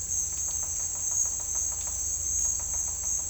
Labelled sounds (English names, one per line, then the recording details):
none
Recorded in dense forest near Puerto Asís, Putumayo, Colombia, on 18 December 2024 at 09:30
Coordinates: 0.481, -76.323
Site G100